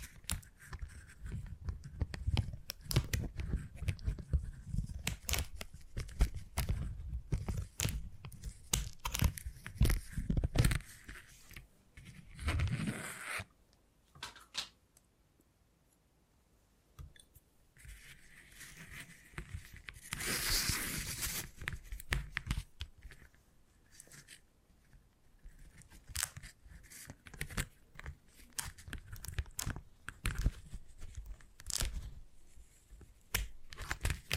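Beeswax is handled in a tingly sequence of sticky crackles, soft tearing and crinkling. The first ten seconds are dense, with low thumps under the crackle. Around 14 to 18 seconds things go nearly quiet, then a bright swish near 20 seconds leads into scattered, snappier crackles.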